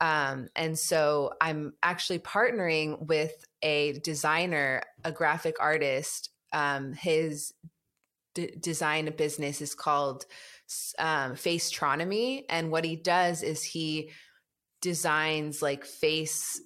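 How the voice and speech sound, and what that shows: Adult woman speaking with stuttering, which she sometimes hides well, with fluent days; she had speech therapy 20 years ago.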